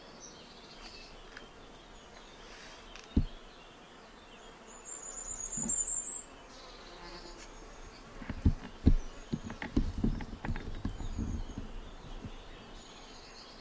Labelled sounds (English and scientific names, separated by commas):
Common Firecrest (Regulus ignicapilla)